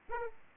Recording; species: mosquito wingbeat signal from an infrared sensor; Aedes aegypti